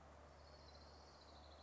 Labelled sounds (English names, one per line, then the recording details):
Orange-crowned Warbler
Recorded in Sonoma County, California